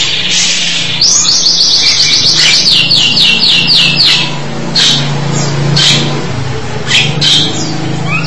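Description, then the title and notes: Starling song: a quick descending series of whistled notes, then sporadic sharp chirps over a steady low hum. "suara burung jalak"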